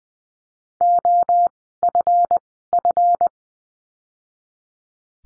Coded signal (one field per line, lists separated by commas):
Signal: Morse code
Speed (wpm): 19 wpm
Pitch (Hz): 700 Hz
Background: none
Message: OFF